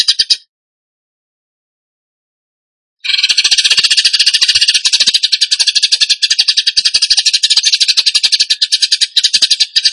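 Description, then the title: Bird song: a short burst, about three seconds of silence, then a sustained fast rattling chatter of high buzzy notes. Masteran (training recording) of a bird singing in the gacor tembakan song style. "Masteran Burung Tembakan Gacor"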